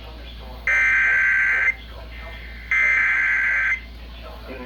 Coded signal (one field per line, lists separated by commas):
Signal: Emergency Alert System (SAME) tones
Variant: header bursts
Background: speech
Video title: MARGINALS BEHAVE LIKE SLIGHTS - EAS Alerts from 06/21/2022 (EAS #476-497)